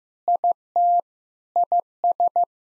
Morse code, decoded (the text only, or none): IT IS